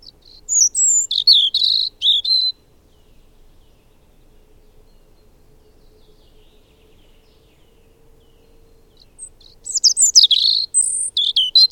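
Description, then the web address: Bird song: a bright phrase of high whistles and rapid chatter, about seven seconds of silence, then a similar tumbling phrase. "madarak enek"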